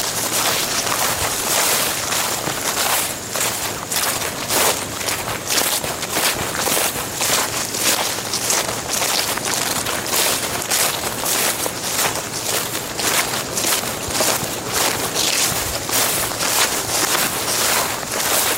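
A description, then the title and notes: Footsteps crunch through dry leaves at a steady walking pace, each step a bright, scratchy burst arriving roughly every half second. The crackling is dense and continuous for the whole stretch, with a faint low rumble underneath and no pauses. Hiking Through the Forest.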